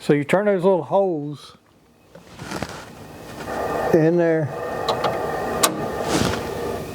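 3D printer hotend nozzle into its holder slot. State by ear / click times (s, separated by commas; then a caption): seated / 5.6 s. Someone talks while a Bambu Lab H2C 3D printer hotend nozzle is lined up by its two locating holes on the pins and pushed into its rack slot. Faint handling taps come first, then a sharp snap at 5.6 s as the nozzle seats in the holder. An indicator light comes on when it is connected properly.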